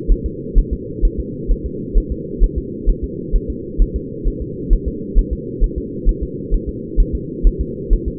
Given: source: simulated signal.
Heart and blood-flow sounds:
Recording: fetal heart sounds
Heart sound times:
0.12 s: S1
0.26 s: S2
0.59 s: S1
0.73 s: S2
1.05 s: S1
1.20 s: S2
1.52 s: S1
1.66 s: S2
1.98 s: S1
2.12 s: S2
2.44 s: S1
2.58 s: S2
2.90 s: S1
3.04 s: S2
3.36 s: S1
3.50 s: S2
3.82 s: S1
3.96 s: S2
4.28 s: S1
4.42 s: S2
4.73 s: S1
4.88 s: S2
5.19 s: S1
5.33 s: S2
5.64 s: S1
5.78 s: S2
6.09 s: S1
6.23 s: S2
6.54 s: S1
6.69 s: S2
7.00 s: S1
7.15 s: S2
7.47 s: S1
7.61 s: S2
7.93 s: S1
8.08 s: S2
From the record:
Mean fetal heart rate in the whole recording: 130 bpm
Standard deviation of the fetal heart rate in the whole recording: 2 bpm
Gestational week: 38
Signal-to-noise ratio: -4.1 dB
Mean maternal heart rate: no maternal heart sound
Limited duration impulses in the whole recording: absent

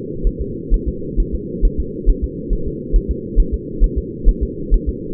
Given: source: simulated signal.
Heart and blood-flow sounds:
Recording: fetal heart sounds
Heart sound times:
0.27 s: S1
0.41 s: S2
0.74 s: S1
0.89 s: S2
1.20 s: S1
1.35 s: S2
1.65 s: S1
1.80 s: S2
2.09 s: S1
2.24 s: S2
2.53 s: S1
2.68 s: S2
2.96 s: S1
3.11 s: S2
3.40 s: S1
3.54 s: S2
3.84 s: S1
3.98 s: S2
4.29 s: S1
4.43 s: S2
4.74 s: S1
4.89 s: S2
From the record:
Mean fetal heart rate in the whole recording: 130 bpm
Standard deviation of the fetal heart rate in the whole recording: 4 bpm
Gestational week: 38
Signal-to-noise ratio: -4.3 dB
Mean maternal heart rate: 72 bpm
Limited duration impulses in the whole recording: present

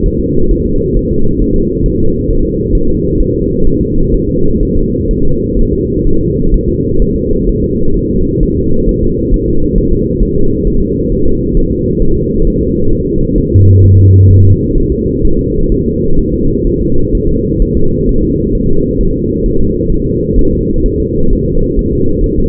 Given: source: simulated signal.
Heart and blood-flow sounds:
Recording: fetal heart sounds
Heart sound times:
0.06 s: S1
0.20 s: S2
0.51 s: S1
0.66 s: S2
0.96 s: S1
1.11 s: S2
1.41 s: S1
1.56 s: S2
1.86 s: S1
2.00 s: S2
2.30 s: S1
2.45 s: S2
2.75 s: S1
2.89 s: S2
3.20 s: S1
3.35 s: S2
3.67 s: S1
3.81 s: S2
4.14 s: S1
4.29 s: S2
4.63 s: S1
4.77 s: S2
5.11 s: S1
5.25 s: S2
5.59 s: S1
5.73 s: S2
6.07 s: S1
6.21 s: S2
6.54 s: S1
6.69 s: S2
7.02 s: S1
7.16 s: S2
7.49 s: S1
7.64 s: S2
7.97 s: S1
8.11 s: S2
8.43 s: S1
8.57 s: S2
8.89 s: S1
9.03 s: S2
9.34 s: S1
9.48 s: S2
9.78 s: S1
9.92 s: S2
10.23 s: S1
10.37 s: S2
10.67 s: S1
10.81 s: S2
11.12 s: S1
11.26 s: S2
11.57 s: S1
11.71 s: S2
12.02 s: S1
12.16 s: S2
12.47 s: S1
12.62 s: S2
12.92 s: S1
13.07 s: S2
13.38 s: S1
13.52 s: S2
13.84 s: S1
13.98 s: S2
14.31 s: S1
14.45 s: S2
14.78 s: S1
14.92 s: S2
15.25 s: S1
15.39 s: S2
15.72 s: S1
15.86 s: S2
16.19 s: S1
16.34 s: S2
16.67 s: S1
16.81 s: S2
17.15 s: S1
17.29 s: S2
17.62 s: S1
17.77 s: S2
18.09 s: S1
18.23 s: S2
18.55 s: S1
18.69 s: S2
19.01 s: S1
19.15 s: S2
19.46 s: S1
19.60 s: S2
19.92 s: S1
20.06 s: S2
20.39 s: S1
20.53 s: S2
20.86 s: S1
21.00 s: S2
21.33 s: S1
21.47 s: S2
21.79 s: S1
21.93 s: S2
22.24 s: S1
22.38 s: S2
From the record:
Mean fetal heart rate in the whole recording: 130 bpm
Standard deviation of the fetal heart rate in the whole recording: 4 bpm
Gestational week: 38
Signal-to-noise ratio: -17.7 dB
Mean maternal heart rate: 72 bpm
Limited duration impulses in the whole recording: present

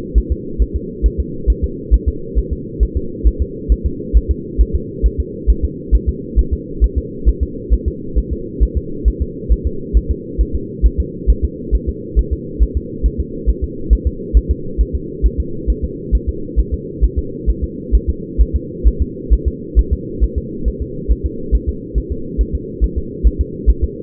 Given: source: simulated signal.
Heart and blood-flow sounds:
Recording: fetal heart sounds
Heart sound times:
0.18 s: S1
0.32 s: S2
0.62 s: S1
0.76 s: S2
1.06 s: S1
1.20 s: S2
1.50 s: S1
1.64 s: S2
1.94 s: S1
2.08 s: S2
2.38 s: S1
2.53 s: S2
2.83 s: S1
2.97 s: S2
3.27 s: S1
3.42 s: S2
3.72 s: S1
3.86 s: S2
4.17 s: S1
4.31 s: S2
4.61 s: S1
4.75 s: S2
5.06 s: S1
5.20 s: S2
5.50 s: S1
5.65 s: S2
5.95 s: S1
6.09 s: S2
6.39 s: S1
6.53 s: S2
6.84 s: S1
6.98 s: S2
7.29 s: S1
7.43 s: S2
7.74 s: S1
7.88 s: S2
8.18 s: S1
8.33 s: S2
8.63 s: S1
8.78 s: S2
9.08 s: S1
9.22 s: S2
9.52 s: S1
9.67 s: S2
9.97 s: S1
10.11 s: S2
10.41 s: S1
10.55 s: S2
10.86 s: S1
11.00 s: S2
11.30 s: S1
11.44 s: S2
11.75 s: S1
11.89 s: S2
12.19 s: S1
12.33 s: S2
12.63 s: S1
12.77 s: S2
13.06 s: S1
13.20 s: S2
13.49 s: S1
13.64 s: S2
13.93 s: S1
14.07 s: S2
14.37 s: S1
14.51 s: S2
14.81 s: S1
14.95 s: S2
15.26 s: S1
15.40 s: S2
15.70 s: S1
15.84 s: S2
16.15 s: S1
16.29 s: S2
16.59 s: S1
16.74 s: S2
17.04 s: S1
17.19 s: S2
17.50 s: S1
17.64 s: S2
17.95 s: S1
18.10 s: S2
18.41 s: S1
18.56 s: S2
18.88 s: S1
19.02 s: S2
19.33 s: S1
19.48 s: S2
19.79 s: S1
19.93 s: S2
20.24 s: S1
20.38 s: S2
20.68 s: S1
20.82 s: S2
21.11 s: S1
21.26 s: S2
21.55 s: S1
21.69 s: S2
21.98 s: S1
22.12 s: S2
22.41 s: S1
22.55 s: S2
22.84 s: S1
22.98 s: S2
23.27 s: S1
23.41 s: S2
23.69 s: S1
23.84 s: S2
From the record:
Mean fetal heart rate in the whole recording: 135 bpm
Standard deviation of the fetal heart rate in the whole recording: 3 bpm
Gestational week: 34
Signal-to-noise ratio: -4.3 dB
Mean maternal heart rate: 72 bpm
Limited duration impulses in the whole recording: absent

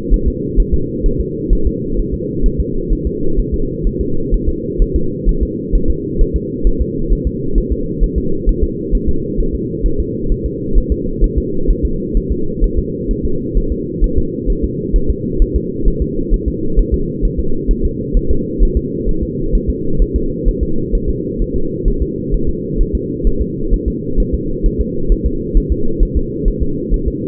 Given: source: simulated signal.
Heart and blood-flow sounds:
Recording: fetal heart sounds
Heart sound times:
0.14 s: S1
0.28 s: S2
0.60 s: S1
0.74 s: S2
1.06 s: S1
1.20 s: S2
1.53 s: S1
1.67 s: S2
1.99 s: S1
2.14 s: S2
2.46 s: S1
2.60 s: S2
2.93 s: S1
3.07 s: S2
3.39 s: S1
3.54 s: S2
3.87 s: S1
4.01 s: S2
4.34 s: S1
4.49 s: S2
4.82 s: S1
4.96 s: S2
5.29 s: S1
5.43 s: S2
5.75 s: S1
5.90 s: S2
6.21 s: S1
6.36 s: S2
6.67 s: S1
6.81 s: S2
7.12 s: S1
7.27 s: S2
7.58 s: S1
7.72 s: S2
8.03 s: S1
8.18 s: S2
8.49 s: S1
8.64 s: S2
8.95 s: S1
9.09 s: S2
9.40 s: S1
9.55 s: S2
9.86 s: S1
10.00 s: S2
10.32 s: S1
10.46 s: S2
10.78 s: S1
10.92 s: S2
11.24 s: S1
11.38 s: S2
11.70 s: S1
11.85 s: S2
12.17 s: S1
12.32 s: S2
12.64 s: S1
12.78 s: S2
13.11 s: S1
13.25 s: S2
13.58 s: S1
13.72 s: S2
14.04 s: S1
14.18 s: S2
14.50 s: S1
14.64 s: S2
14.96 s: S1
15.10 s: S2
15.42 s: S1
15.56 s: S2
15.88 s: S1
16.02 s: S2
16.34 s: S1
16.48 s: S2
16.79 s: S1
16.94 s: S2
17.25 s: S1
17.39 s: S2
17.71 s: S1
17.85 s: S2
18.17 s: S1
18.31 s: S2
18.63 s: S1
18.77 s: S2
19.09 s: S1
19.23 s: S2
19.55 s: S1
19.70 s: S2
20.02 s: S1
20.16 s: S2
20.48 s: S1
20.63 s: S2
20.95 s: S1
21.09 s: S2
21.42 s: S1
21.56 s: S2
21.88 s: S1
22.02 s: S2
22.34 s: S1
22.49 s: S2
22.81 s: S1
22.95 s: S2
23.27 s: S1
23.41 s: S2
23.74 s: S1
23.88 s: S2
24.20 s: S1
24.34 s: S2
24.66 s: S1
24.80 s: S2
25.12 s: S1
25.26 s: S2
25.57 s: S1
25.72 s: S2
26.03 s: S1
26.17 s: S2
26.48 s: S1
26.62 s: S2
26.94 s: S1
27.08 s: S2
From the record:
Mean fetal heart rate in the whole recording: 130 bpm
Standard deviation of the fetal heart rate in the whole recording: 2 bpm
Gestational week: 38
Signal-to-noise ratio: -8.1 dB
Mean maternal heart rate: 72 bpm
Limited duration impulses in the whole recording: absent

